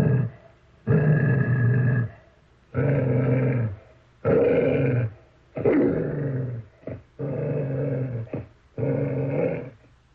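Dog growl, harsh low rumbles repeated in about seven long bursts, each ending abruptly, with brief pauses between them.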